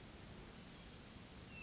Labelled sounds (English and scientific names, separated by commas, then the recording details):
Hermit Thrush (Catharus guttatus)
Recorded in Sonoma County, California